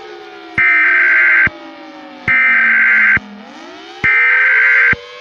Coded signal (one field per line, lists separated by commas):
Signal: Emergency Alert System (SAME) tones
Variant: header bursts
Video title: The southeast super outbreak (EAS Scenario)